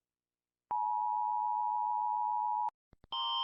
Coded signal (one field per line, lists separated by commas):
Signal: Emergency Alert System (SAME) tones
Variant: 853 and 960 Hz attention tone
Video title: Rating EAS Alarms